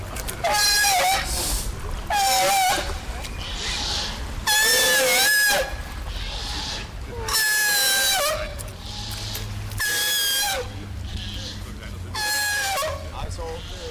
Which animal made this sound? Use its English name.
California Sea Lion